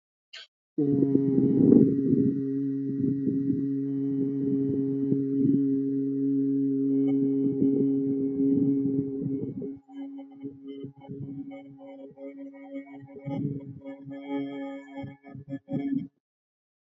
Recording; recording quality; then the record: sustained vowel as in boot; moderate, slight background noise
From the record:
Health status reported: healthy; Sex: male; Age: 22 years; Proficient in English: yes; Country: India